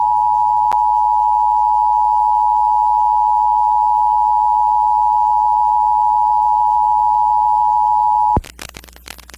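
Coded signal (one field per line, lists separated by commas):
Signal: Emergency Alert System (SAME) tones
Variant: 853 and 960 Hz attention tone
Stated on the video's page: IPAWS weekly test received from a 105.9 FM radio station.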